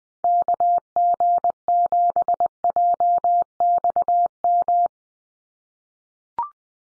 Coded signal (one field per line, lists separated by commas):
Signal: Morse code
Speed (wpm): 20 wpm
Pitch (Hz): 700 Hz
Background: none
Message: KG7JXM